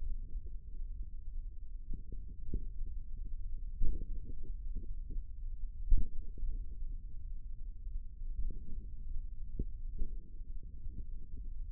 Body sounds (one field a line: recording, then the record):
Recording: forearm muscle sounds (acoustic myography)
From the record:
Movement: thumb flexion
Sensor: system 1, eight BSWA MPA416 microphones around the upper forearm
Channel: 5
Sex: male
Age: 54 years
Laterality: right